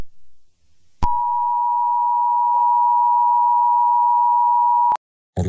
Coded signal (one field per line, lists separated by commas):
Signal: Emergency Alert System (SAME) tones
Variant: 853 and 960 Hz attention tone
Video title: When Technology Leaves Us Behind - AN EAS SCENARIO (REUP)